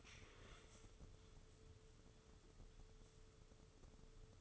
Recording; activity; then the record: daily activity, microphone in the room; stand up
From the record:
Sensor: 4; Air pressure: 995.2 hPa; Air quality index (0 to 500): 217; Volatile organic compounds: 272 ppm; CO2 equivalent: 4416 ppm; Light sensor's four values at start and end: 14/36/14/16 and 16/40/15/18